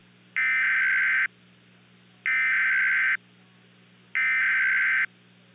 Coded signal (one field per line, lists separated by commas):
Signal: Emergency Alert System (SAME) tones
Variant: header bursts